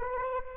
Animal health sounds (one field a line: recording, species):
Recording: mosquito wingbeat signal from an infrared sensor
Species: Anopheles arabiensis